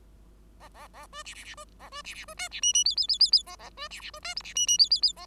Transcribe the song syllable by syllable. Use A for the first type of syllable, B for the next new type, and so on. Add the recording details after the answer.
A A A B C C C B A B C C B D C E E F F F F F A A B C C B D G C E E F F F A. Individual Bird5